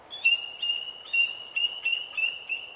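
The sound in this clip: Bald Eagle calling with a series of thin, high piping notes, repeated about three times a second in a chittering sequence.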